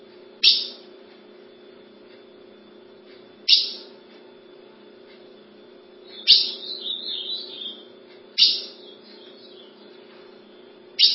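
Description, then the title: Ultramarine grosbeak with a short, fluttering whistled phrase midway, while loud sharp clicks recur every few seconds over a steady hum. "Azulao"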